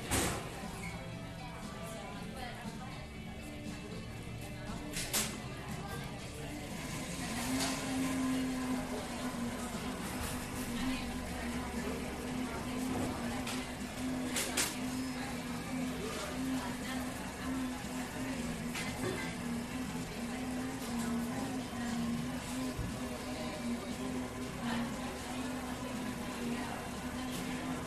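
Coffee shop sounds: a steady low hum runs throughout under murmured voices, with occasional sharp clinks around five and fifteen seconds.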